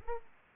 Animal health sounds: mosquito wingbeat signal from an infrared sensor; Aedes aegypti

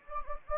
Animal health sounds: mosquito wingbeat signal from an infrared sensor; Anopheles gambiae

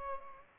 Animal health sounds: mosquito wingbeat signal from an infrared sensor; Culex pipiens

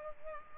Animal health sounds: mosquito wingbeat signal from an infrared sensor; Culex pipiens

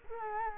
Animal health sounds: mosquito wingbeat signal from an infrared sensor; Culex quinquefasciatus

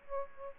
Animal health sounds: mosquito wingbeat signal from an infrared sensor; Aedes aegypti

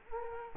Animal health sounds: mosquito wingbeat signal from an infrared sensor; Culex quinquefasciatus

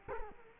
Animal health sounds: mosquito wingbeat signal from an infrared sensor; Culex quinquefasciatus

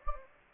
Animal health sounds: mosquito wingbeat signal from an infrared sensor; Anopheles gambiae

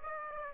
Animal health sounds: mosquito wingbeat signal from an infrared sensor; Aedes aegypti

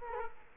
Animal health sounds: mosquito wingbeat signal from an infrared sensor; Culex quinquefasciatus

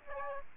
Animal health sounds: mosquito wingbeat signal from an infrared sensor; Aedes aegypti

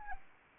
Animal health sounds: mosquito wingbeat signal from an infrared sensor; Anopheles arabiensis

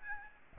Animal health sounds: mosquito wingbeat signal from an infrared sensor; Aedes albopictus

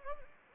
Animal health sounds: mosquito wingbeat signal from an infrared sensor; Anopheles gambiae

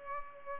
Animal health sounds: mosquito wingbeat signal from an infrared sensor; Culex pipiens

